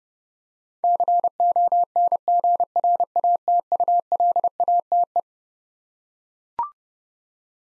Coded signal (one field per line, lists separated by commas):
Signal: Morse code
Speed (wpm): 31 wpm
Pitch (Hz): 700 Hz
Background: none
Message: CONGRATULATE